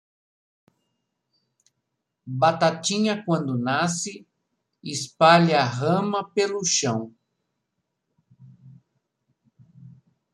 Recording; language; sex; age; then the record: short text; Brazilian Portuguese; male; 50 to 59 years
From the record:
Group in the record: control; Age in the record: 59 years